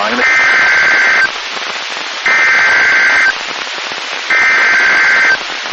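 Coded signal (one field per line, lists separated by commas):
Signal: Emergency Alert System (SAME) tones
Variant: header bursts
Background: speech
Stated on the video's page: Severe thunderstorm alert issued by NOAA Weather Radio station KIH27.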